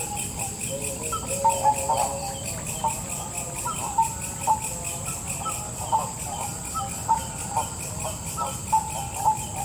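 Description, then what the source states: Frog calls, short sharp notes repeated about once a second, set against a steady high-pitched insect chorus and a low background rumble. Recorded at Kasongan on 2 March 2014.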